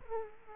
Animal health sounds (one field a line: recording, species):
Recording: mosquito wingbeat signal from an infrared sensor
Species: Culex quinquefasciatus